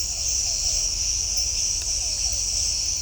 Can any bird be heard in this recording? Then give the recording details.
no. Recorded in shrubland near Pivijay, Magdalena, Colombia, on 2 June 2023 at 01:00. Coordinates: 10.453, -74.365. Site P5-G022